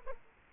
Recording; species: mosquito wingbeat signal from an infrared sensor; Culex quinquefasciatus